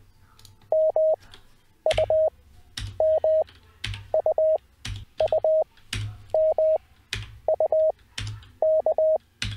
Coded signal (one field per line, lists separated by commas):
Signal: Morse code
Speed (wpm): 20 wpm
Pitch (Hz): 630 Hz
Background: none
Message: MUMUUMUK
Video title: How To Learn Morse Code with Learn CW Online (LCWO)